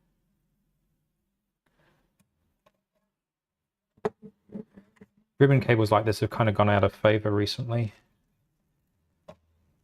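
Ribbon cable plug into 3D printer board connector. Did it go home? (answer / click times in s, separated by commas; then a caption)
yes / 9.3 s. A ribbon cable plug is pushed into its board connector on a Prusa Core One 3D printer while someone talks, with a few faint taps before the speech. After the talking stops, a short, sharp click at 9.3 s marks the plug seating nicely and securely in place.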